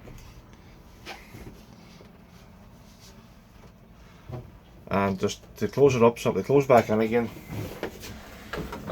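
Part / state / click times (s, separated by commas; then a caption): movable shower wall latching into the bathroom frame / seated / 8.5 s. The movable shower wall of a motorhome bathroom is pushed closed back into the bathroom frame while someone talks. It ends in a sharp knock at 8.5 s as the wall locks into place, followed by two smaller clicks as the small wiper pops back in.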